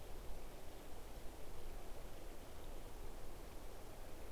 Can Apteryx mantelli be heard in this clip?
no